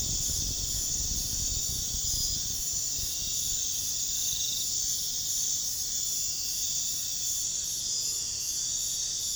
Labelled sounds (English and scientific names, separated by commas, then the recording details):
none
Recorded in pastures near Puerto Asís, Putumayo, Colombia, on 29 June 2025 at 03:30
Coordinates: 0.466, -76.322
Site GP07